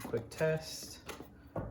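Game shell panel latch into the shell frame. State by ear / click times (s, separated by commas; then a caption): seated / 1.6 s. Someone talks while a panel latch on an assembled game shell is pressed into the shell frame during a quick test. A first knock at 1.1 s comes as the panel pops up a little, and a sharper click at 1.6 s is the latch locking into place.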